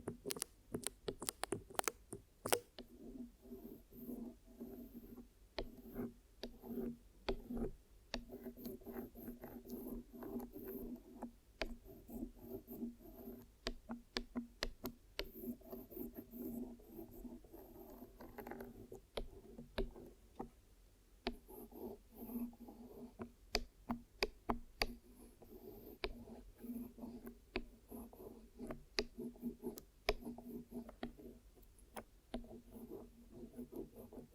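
Ear massage and cleaning gives a steady low rubbing murmur, broken all through by quick sharp crackles and clicks in irregular bursts.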